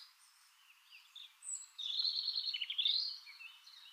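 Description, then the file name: Common nightingale song heard faintly through a steady hiss, with a brighter trilled phrase in the middle. "Luscinia megarhynchos"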